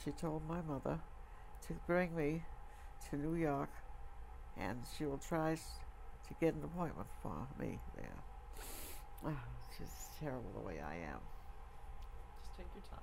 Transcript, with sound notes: She told my mother to bring me to New York and she will try to get an appointment for me there. [sniffs] This is terrible, the way I am.
Just take your time.